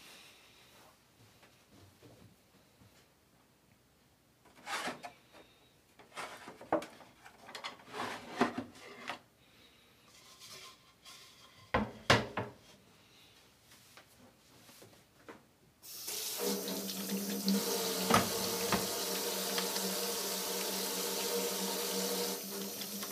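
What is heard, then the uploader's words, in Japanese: Kitchen sounds while a simmered dish is being made: for the first sixteen seconds, scattered knocks, clicks and short scrapes arrive irregularly over a quiet background. Then a steady, dense rushing hiss like running water starts abruptly and continues to the end, with a low hum and occasional taps. 煮物と包丁研ぎ。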